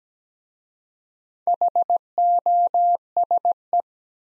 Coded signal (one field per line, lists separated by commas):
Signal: Morse code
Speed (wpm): 17 wpm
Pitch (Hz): 700 Hz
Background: none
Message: HOSE